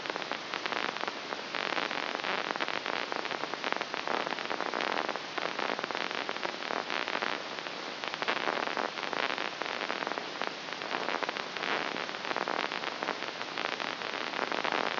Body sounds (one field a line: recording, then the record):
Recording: brain microelectrode recording played as sound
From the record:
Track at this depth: inside the subthalamic nucleus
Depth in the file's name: 1.141 mm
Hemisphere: left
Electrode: 3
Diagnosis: Parkinson's disease